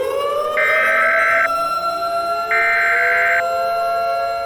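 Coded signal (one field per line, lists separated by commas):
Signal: Emergency Alert System (SAME) tones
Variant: header bursts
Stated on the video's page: Mock EAS scenario, zombie-themed, not a real alert.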